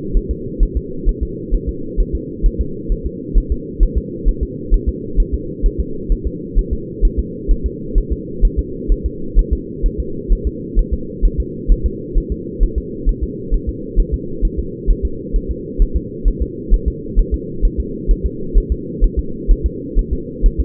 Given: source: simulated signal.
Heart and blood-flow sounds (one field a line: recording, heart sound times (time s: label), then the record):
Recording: fetal heart sounds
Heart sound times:
0.17 s: S1
0.31 s: S2
0.63 s: S1
0.77 s: S2
1.09 s: S1
1.23 s: S2
1.54 s: S1
1.69 s: S2
2.00 s: S1
2.15 s: S2
2.46 s: S1
2.61 s: S2
2.92 s: S1
3.06 s: S2
3.38 s: S1
3.52 s: S2
3.83 s: S1
3.97 s: S2
4.28 s: S1
4.43 s: S2
4.74 s: S1
4.88 s: S2
5.20 s: S1
5.34 s: S2
5.66 s: S1
5.80 s: S2
6.12 s: S1
6.27 s: S2
6.59 s: S1
6.73 s: S2
7.05 s: S1
7.19 s: S2
7.51 s: S1
7.66 s: S2
7.98 s: S1
8.12 s: S2
8.45 s: S1
8.59 s: S2
8.92 s: S1
9.06 s: S2
9.39 s: S1
9.53 s: S2
9.86 s: S1
10.00 s: S2
10.32 s: S1
10.47 s: S2
10.79 s: S1
10.94 s: S2
11.25 s: S1
11.40 s: S2
11.72 s: S1
11.86 s: S2
12.17 s: S1
12.32 s: S2
12.63 s: S1
12.78 s: S2
13.09 s: S1
13.23 s: S2
13.54 s: S1
13.69 s: S2
14.00 s: S1
14.14 s: S2
14.45 s: S1
14.59 s: S2
14.90 s: S1
15.05 s: S2
15.36 s: S1
15.51 s: S2
15.82 s: S1
15.97 s: S2
16.28 s: S1
16.42 s: S2
16.74 s: S1
16.88 s: S2
17.19 s: S1
17.34 s: S2
17.65 s: S1
17.80 s: S2
18.11 s: S1
18.26 s: S2
18.57 s: S1
18.72 s: S2
19.04 s: S1
19.19 s: S2
19.51 s: S1
19.66 s: S2
19.99 s: S1
20.13 s: S2
20.46 s: S1
20.60 s: S2
From the record:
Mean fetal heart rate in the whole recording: 130 bpm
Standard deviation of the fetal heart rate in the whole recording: 2 bpm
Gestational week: 38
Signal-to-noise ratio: -4.3 dB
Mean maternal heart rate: 72 bpm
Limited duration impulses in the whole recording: absent